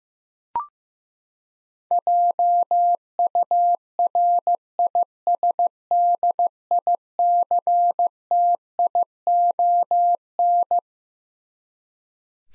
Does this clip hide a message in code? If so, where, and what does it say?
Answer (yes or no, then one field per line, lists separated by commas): yes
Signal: Morse code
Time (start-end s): 1.9-10.8 s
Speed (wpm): 16 wpm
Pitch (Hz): 700 Hz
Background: none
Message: JURISDICTION